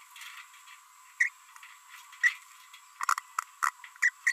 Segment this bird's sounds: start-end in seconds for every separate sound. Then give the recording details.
1.20-1.29, 2.21-2.36, 3.63-3.70, 4.02-4.09, 4.27-4.32. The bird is a female. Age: 27 days. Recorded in a nest box in Venezuela. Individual 17B42B3